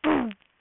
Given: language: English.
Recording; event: throat vibration sensor signal played as sound; throat clearing